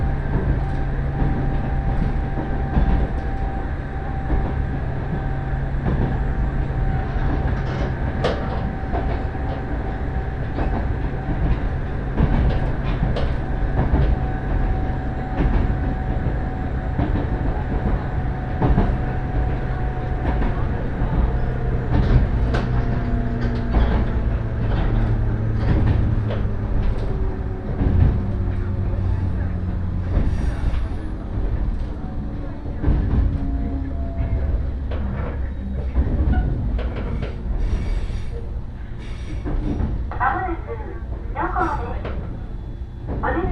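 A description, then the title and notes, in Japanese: A steady rumble from inside a moving train on a rail journey, with frequent clicks and knocks from the wheels. A motor whine slides in pitch as the train changes speed, faint voices sit underneath, and brighter tones appear near the end. 鉄道旅 福塩線 福山→道上。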